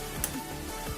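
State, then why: Seated. A cable plug is pushed into the color/light sensor mounted on a demo robot and clicks in at 0.2 s with a short, sharp, bright snap over a steady music-like background. The plug is seated and the sensor is ready to use.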